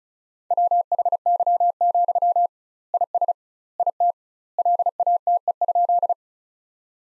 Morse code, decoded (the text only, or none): WHY, IS IT LATE?